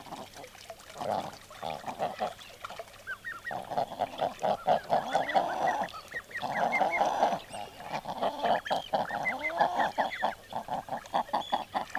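Common eider calls, a dense chorus of honking and crooning notes with rising and falling tones, many birds calling over one another almost continuously.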